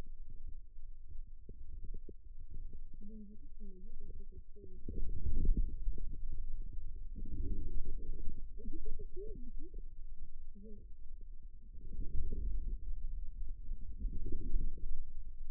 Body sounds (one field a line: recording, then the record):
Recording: forearm muscle sounds (acoustic myography)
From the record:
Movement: inward rotation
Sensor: system 2, bracelet of six BSWA MPA416 microphones around the upper forearm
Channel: 2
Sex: male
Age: 22 years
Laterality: right